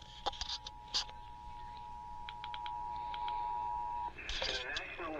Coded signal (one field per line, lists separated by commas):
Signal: Emergency Alert System (SAME) tones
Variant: 853 and 960 Hz attention tone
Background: speech